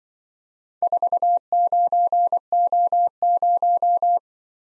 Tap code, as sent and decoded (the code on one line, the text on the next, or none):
none